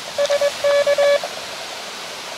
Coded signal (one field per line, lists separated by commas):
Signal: Morse code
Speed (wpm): 21 wpm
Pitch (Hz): 570 Hz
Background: none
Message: SK